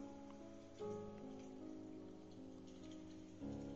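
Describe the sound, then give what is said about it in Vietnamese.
Steady, soft pattering of rain outside, a fine continuous texture under sustained tonal music with low droning chords that swell briefly near the start and end. “Nương theo tiếng mưa tí tách bên ngoài, dường như là một tin nhắn khá dài.”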